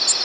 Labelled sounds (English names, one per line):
Tennessee Warbler flight call